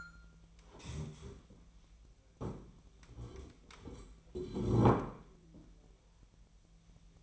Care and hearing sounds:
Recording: daily activity, microphone in the room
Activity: stand up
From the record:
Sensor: 1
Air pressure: 1001.6 hPa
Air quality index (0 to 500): 247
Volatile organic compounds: 119 ppm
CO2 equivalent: 3868 ppm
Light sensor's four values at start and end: 13/31/13/14 and 12/28/12/13

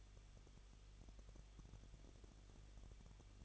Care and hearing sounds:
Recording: daily activity, microphone in the room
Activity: no activity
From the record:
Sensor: 4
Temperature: 23.0 degrees Celsius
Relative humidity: 34.3%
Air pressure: 1007.3 hPa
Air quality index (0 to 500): 213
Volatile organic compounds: 14 ppm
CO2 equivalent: 2454 ppm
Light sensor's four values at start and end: 2/3/1/1 and 2/3/1/1

